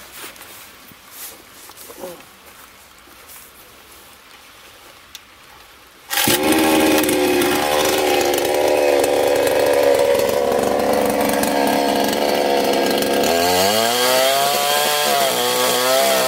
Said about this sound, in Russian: Ну что сказать, она пилит, вы видите, пила реально пилит, такой толстый ствол, и она идет в него как нож в масло.